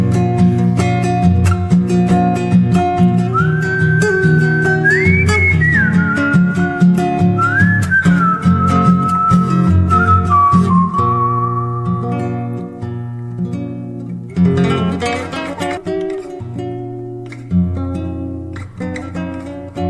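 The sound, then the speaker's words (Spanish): A rider galloping on horseback whistles a tune in a clear, high, sliding melody over steady instrumental music, starting a few seconds in and fading out after about eight seconds while the music carries on. “Por costumbre prendí un negro, taloñé mi moro pampa y ya me largué al galope chiflando como si nada.”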